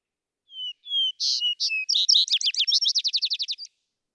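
Vesper sparrow song: two low, slurred whistles, then higher notes and a fast series of trilled phrases, ending after about three seconds.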